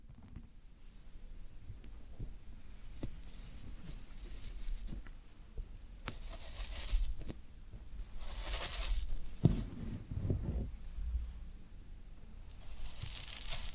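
Floral foam being handled: crumbly, scraping and squeaking textures come in waves, with bright hissy swells around 3–5, 6–7, 8–9 and after 12 seconds. Sharp little clicks and crunches punctuate it, and a low rumbling bump lands near 9.5 seconds.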